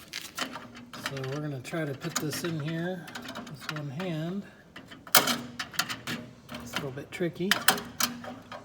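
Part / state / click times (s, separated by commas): internal component into tower strobe light housing / not seated / none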